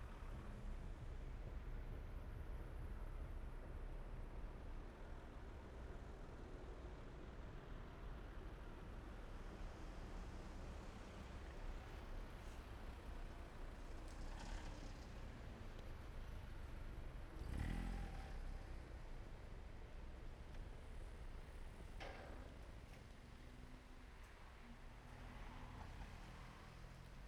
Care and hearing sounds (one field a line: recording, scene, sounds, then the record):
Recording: everyday scene through a hearing-aid microphone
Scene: in traffic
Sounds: traffic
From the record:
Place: main road on the outskirts, rush hour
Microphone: behind the ear, right, rear